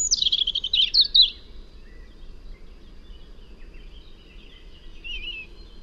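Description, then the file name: European robin song: a quick run of high trilled and twittering notes in the first second and a half, then quiet hiss with faint chirps. "Erithacus rubecula"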